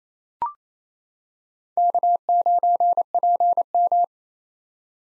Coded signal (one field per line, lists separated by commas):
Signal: Morse code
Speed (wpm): 28 wpm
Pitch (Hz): 700 Hz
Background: none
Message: K9PM